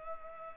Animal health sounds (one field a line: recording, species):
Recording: mosquito wingbeat signal from an infrared sensor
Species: Culex pipiens